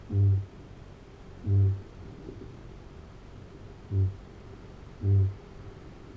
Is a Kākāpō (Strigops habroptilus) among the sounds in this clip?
yes